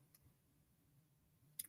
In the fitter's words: Here we go. Nice. You heard that little snap?